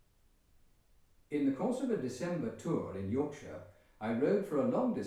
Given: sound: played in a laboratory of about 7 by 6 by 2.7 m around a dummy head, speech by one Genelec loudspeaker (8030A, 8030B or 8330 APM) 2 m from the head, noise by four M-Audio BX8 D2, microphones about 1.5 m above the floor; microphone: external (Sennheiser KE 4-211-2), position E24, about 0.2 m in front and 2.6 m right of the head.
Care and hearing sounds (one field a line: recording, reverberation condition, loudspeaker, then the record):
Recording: male speech in English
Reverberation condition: medium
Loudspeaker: 150 degrees to the left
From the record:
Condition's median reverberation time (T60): about 510 ms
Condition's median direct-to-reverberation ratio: about -0.5 dB